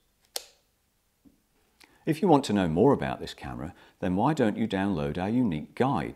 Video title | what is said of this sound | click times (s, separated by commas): The Nikon D3400 kit lens - Fixing the lens to the Nikon #D3400 - youtube | fitting it into the bayonet socket and then twisting it anti-clockwise until it clicks | 0.4 s